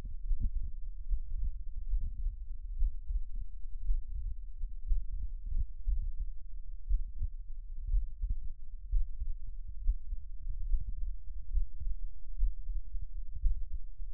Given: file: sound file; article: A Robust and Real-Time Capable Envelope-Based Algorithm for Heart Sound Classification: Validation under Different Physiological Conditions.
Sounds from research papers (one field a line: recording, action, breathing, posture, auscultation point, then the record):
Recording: heart sounds by electronic stethoscope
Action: rest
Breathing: deep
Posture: sitting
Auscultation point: Erb’s point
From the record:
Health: healthy, no known heart disease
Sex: male